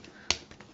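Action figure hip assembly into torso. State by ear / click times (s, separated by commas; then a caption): seated / 0.3 s. The plastic hips of a Transformers Prime Beast Hunters Voyager Grimwing action figure are pushed up into the body during transformation and click into place at 0.3 s with one sharp, loud snap. Fainter ticks follow at about 0.5 and 0.6 s. The hip joint is seated and fits tight.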